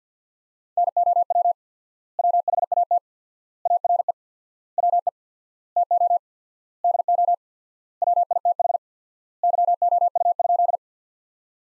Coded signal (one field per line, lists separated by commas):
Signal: Morse code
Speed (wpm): 50 wpm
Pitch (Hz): 700 Hz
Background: none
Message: NOW WHAT ARE WE TO DO WITH YOU?